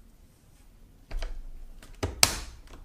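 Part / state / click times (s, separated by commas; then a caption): side brush onto the square drive peg of a robot vacuum / seated / 2.2 s. A plastic side brush is pressed onto the square peg on the underside of a Shark Ion robot vacuum. Soft handling taps and rustles come first, then a sharp click at 2.2 s as the brush snaps into place and seats.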